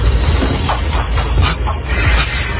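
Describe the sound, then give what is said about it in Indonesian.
A horse-drawn carriage rushes past with a loud, steady rumble of wheels and rattling clatter, a continuous noisy roll lasting a few seconds with no voices. “Cepat betul kereta itu lewat di hadapan kita.”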